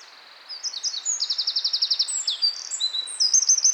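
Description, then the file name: Eurasian wren: a brisk, very high song that begins after half a second, packed with quick staccato notes and a fast buzzing trill, continuing to the end. "Troglodytes troglodytes"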